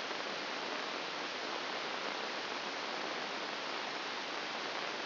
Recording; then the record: brain microelectrode recording played as sound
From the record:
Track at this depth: inside the subthalamic nucleus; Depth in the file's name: 2.704 mm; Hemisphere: left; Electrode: 2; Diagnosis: Parkinson's disease